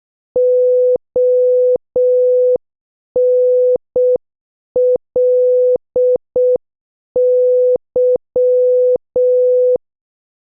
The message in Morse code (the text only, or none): ONLY